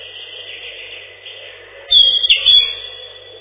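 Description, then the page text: European robin song: a brief burst of high, rapid twittering notes after a stretch of steady background hiss, sounding thin and muffled. Song described as a loud ringing trill. "Зарянка, или реполов, или малиновка - Erithacus rubecula"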